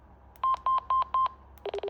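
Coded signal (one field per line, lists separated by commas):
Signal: none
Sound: CB radio roger beeps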